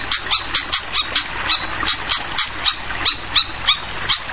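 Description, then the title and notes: Hill blue flycatcher calls: crisp high chips repeated in a fairly quick series, over a constant rush of running water. Tutoring (masteran) recording for songbirds, clear voice mixed with sound of flowing water. "Masteran Sikatan Kipas Suara Jernih Dan Suara Gemericik Air. Suara Burung Sikatan Londo"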